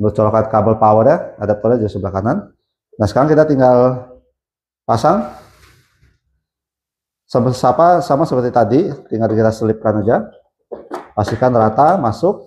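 The upper printer unit of a Printgazer DTF L1800 machine is being lined up on the microcontroller drive box before it is slid in, and someone talks throughout with short pauses. The unit should go in level. Nothing has seated or clicked yet in this stretch.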